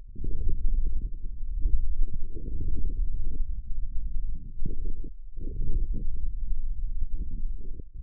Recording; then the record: forearm muscle sounds (acoustic myography)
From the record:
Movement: forearm supination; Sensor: system 1, eight BSWA MPA416 microphones around the upper forearm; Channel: 5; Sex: male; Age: 41 years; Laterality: right